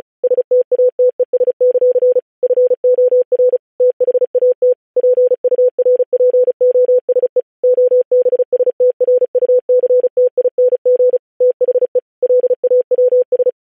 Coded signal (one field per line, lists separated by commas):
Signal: Morse code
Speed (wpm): 36 wpm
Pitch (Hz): 500 Hz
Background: none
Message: STATES; FOR THAT PURPOSE OBSTRUCTING THE LAWS